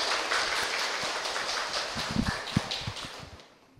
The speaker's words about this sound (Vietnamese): Vậy xin mời quý Phật tử hãy cho một tràng pháo tay để cung đón Đại Đức A Di Đà Phật.